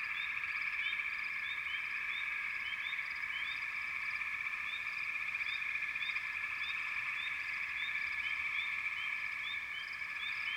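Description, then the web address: Many frogs calling together: a steady ringing trill overlaid by frequent brief upward chirps from individual callers. Frog chorus. "FROGS Frog Chourus"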